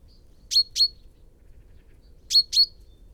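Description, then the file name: Common chaffinch uttering sharp, high chip notes, two pairs separated by a gap of about one and a half seconds. "Fringilla coelebs"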